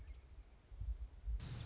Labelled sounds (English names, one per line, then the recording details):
Western Meadowlark
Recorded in Sonoma County, California